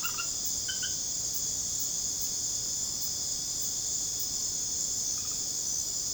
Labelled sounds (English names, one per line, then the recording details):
none
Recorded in secondary vegetation near Puerto Asís, Putumayo, Colombia, on 21 December 2024 at 20:00
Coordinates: 0.489, -76.322
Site G059